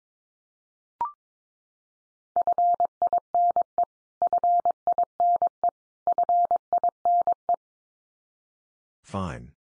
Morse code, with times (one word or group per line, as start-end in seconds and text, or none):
2.4-3.8 FINE
4.2-5.7 FINE
6.1-7.5 FINE